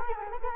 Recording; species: mosquito wingbeat signal from an infrared sensor; Culex quinquefasciatus